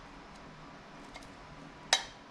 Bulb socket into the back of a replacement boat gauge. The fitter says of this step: Here, click into place.